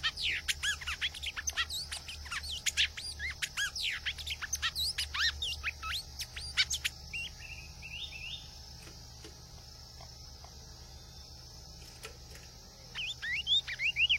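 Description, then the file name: Cinnamon tanager song: a busy run of quick, sharply slurred whistled notes for about seven seconds, then a quieter stretch with a low steady hum, with notes resuming near the end. "Canto do bico de veludo"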